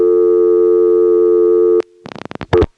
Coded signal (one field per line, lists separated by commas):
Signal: telephone call progress tone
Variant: North America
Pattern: dial tone